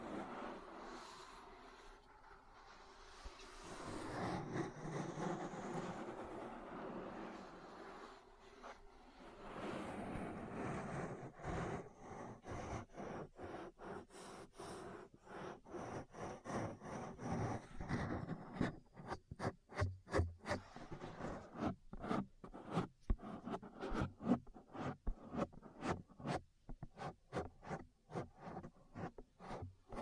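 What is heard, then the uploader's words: An ear massage with soft, dense rubbing that swells and fades through the first ten seconds. After that the rubbing breaks into quick, crisp taps and scratchy strokes, which turn sharper and more separate from about eighteen seconds on, coming in uneven bursts. ASMR Relaxing Ear Massage. (No Talking).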